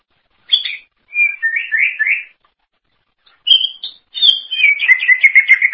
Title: Cucak ijo